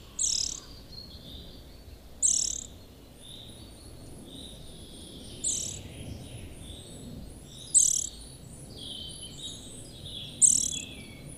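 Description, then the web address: Eurasian nuthatch calls: five sharp, high notes at irregular intervals. "agykontroll Madardalok Cd 1. Csuszka"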